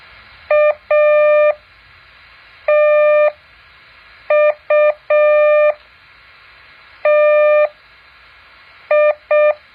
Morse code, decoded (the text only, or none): ATUTI